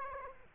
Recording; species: mosquito wingbeat signal from an infrared sensor; Aedes aegypti